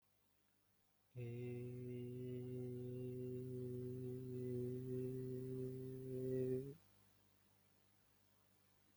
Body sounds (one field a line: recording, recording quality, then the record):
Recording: sustained vowel as in made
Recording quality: excellent, no background noise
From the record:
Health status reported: exposed to COVID-19, no respiratory illness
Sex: male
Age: 22 years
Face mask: not worn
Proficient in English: yes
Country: India